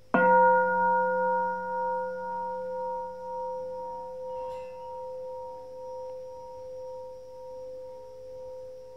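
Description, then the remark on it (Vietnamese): A single struck Buddhist temple bell, the third bell of a sequence, rings out with a sharp attack, then a long, shimmering hum of layered tones slowly fading and pulsing over several seconds, with no voices. “Nghe tiếng chuông thứ ba bằng tất cả tấm lòng chân thành cung kính đối với bốn đôi tám bậc hiền thánh tăng.”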